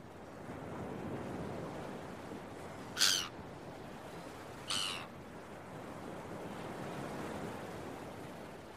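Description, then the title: Gull calls, two short harsh cries about two seconds apart over a steady wash of beach waves. Early morning on a beach with waves. "Early Morning Seagulls and Beach Waves"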